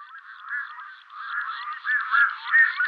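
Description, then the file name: Red-throated loon calling: a run of nasal, wavering, goose-like notes that rise and fall, growing louder toward the end. "Sterntaucher Gavia stellata"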